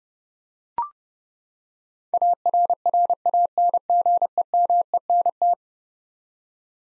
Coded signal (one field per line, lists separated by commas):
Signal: Morse code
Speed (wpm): 30 wpm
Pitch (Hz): 700 Hz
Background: none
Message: ARRANGEMENT